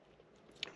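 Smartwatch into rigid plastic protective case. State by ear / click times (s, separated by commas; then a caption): seated / 0.6 s. A smartwatch with its band removed is pressed into a rugged plastic bumper case with a built-in screen protector. After a low rustle, one sharp snap is heard at 0.6 seconds as the watch locks into place in the case.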